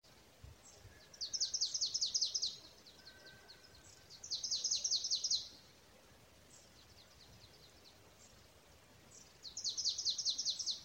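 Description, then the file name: Marsh tit calls in three rapid, high chattering bursts of several thin notes each, spaced a few seconds apart. "Poecile palustris"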